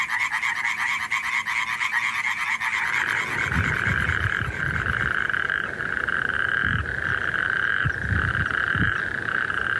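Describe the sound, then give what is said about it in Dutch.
A chorus of pool frogs calls continuously in spring, calling to females, a steady buzzing trill layered with lower, throaty croaking bursts that join in after the first few seconds and pulse irregularly throughout. “We horen achtereenvolgens de boomkikkers, de poelkikkers en de rugstreeppadden.”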